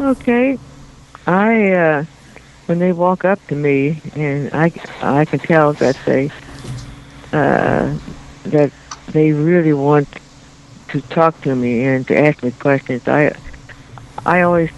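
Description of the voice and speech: An adult woman who has stuttered her whole life, and is much improved after speech therapy, speaks slowly with frequent pauses. She stretches the sounds on 'I' and 'me' and makes restarts such as 'I… I can' and 'that they… uh… that they'. These are mild stuttering moments in an otherwise understandable, well-controlled voice.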